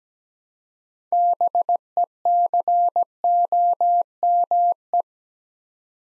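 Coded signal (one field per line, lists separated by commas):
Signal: Morse code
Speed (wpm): 17 wpm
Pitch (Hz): 700 Hz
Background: none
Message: BECOME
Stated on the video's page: Morse practice at 17wpm building 6-letter words three letters at a time, for beginners working on instant character recognition.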